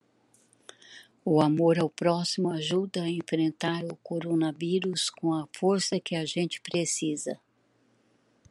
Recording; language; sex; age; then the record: spoken sentence; Brazilian Portuguese; female; 70 to 79 years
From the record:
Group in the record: control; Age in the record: 74 years